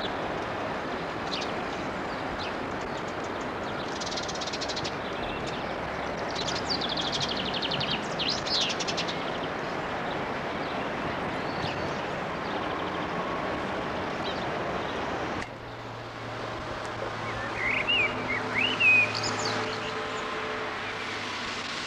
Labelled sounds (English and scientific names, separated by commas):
Common Blackbird (Turdus merula) song